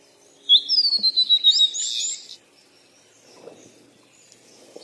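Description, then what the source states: Bird song: a bright high whistled phrase sliding down, then a brief burst of rapid chirps, followed by quiet with faint low rustling. Birds playing.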